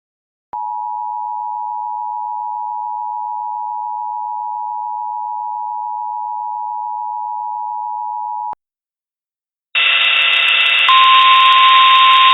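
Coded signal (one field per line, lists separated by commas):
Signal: Emergency Alert System (SAME) tones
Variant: 853 and 960 Hz attention tone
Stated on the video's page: Fictional EAS-style scenario, simulated alert.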